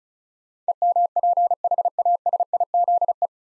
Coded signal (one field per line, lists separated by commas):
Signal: Morse code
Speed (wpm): 34 wpm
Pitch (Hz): 700 Hz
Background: none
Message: EMPHASIZE